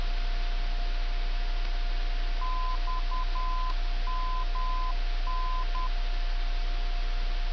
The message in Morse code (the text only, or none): XMN